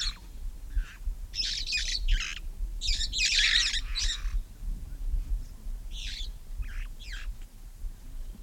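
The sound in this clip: Red-fronted parrot calls: rasping, screechy squawks in a quick run around the third second, then scattered fainter calls.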